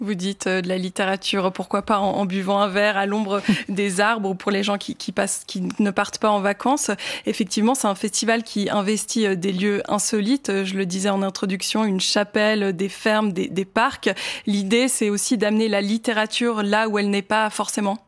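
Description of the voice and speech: An adult, likely a woman, speaks French clearly and fluently in an interview style, at an even, conversational pace with only brief pauses between phrases. The voice is clear and of moderate pitch, with no hoarseness, slurring or disfluency: typical speech.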